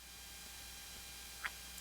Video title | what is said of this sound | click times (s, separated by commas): OVERHEAD LED LIGHT Panels - easy install | And there you go. I snap the panel right onto the brace, adjust them, | 1.5 s